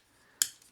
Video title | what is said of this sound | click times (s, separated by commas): Transformers 3Rd Party: Fan Projects dia commander Armour Review | that click and they just slide on to that like so so | 0.4 s